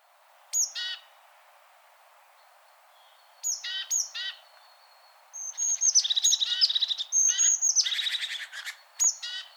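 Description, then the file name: Great tit scolding: sharp high notes leading into buzzy churring rattles, at first in short bursts, then in a long run of rapid harsh chatter. "Parus major"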